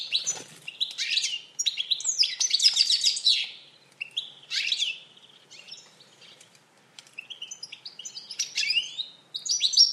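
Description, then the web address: Bird chirping: bursts of high, buzzy, twittering notes with rapid up-and-down sweeps, several clusters over ten seconds with a short quiet gap midway. "Deverinetal. Bird Only"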